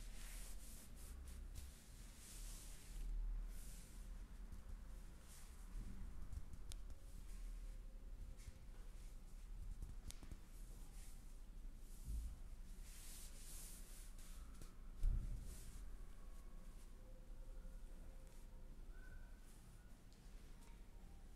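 A chair massage with continuous rubbing and brushing of skin and hair, soft and steady with slow swells in bright hiss as hands move. A low rumble runs underneath, and a brief sharp knock stands out around fifteen seconds.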